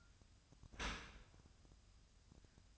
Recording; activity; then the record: daily activity, microphone in the room; open dishwasher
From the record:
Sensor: 2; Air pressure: 1004.5 hPa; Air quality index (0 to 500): 109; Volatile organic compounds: 3 ppm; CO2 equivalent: 1318 ppm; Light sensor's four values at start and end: 6/15/6/6 and 6/15/6/6